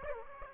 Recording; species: mosquito wingbeat signal from an infrared sensor; Aedes aegypti